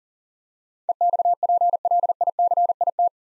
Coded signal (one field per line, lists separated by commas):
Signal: Morse code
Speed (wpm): 37 wpm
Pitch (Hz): 700 Hz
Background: none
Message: EXPLICIT